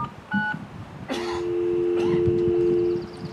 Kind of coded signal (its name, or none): telephone call progress tone